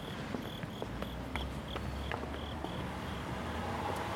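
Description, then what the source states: Crickets chirping in short, high, fairly evenly spaced pulses that stop after about 3 seconds, over a steady low rumble, with faint clicks. Tokyo, Japan, with a rolling suitcase and footsteps.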